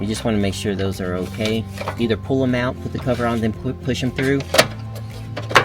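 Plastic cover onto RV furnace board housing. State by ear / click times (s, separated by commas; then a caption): seated / 5.6 s. A plastic cover is pressed onto the housing of an RV furnace control board, with the wires routed clear so they aren't pinched. Someone talks, and then the cover's tabs snap into place with a sharp click at 5.6 s, seating the cover.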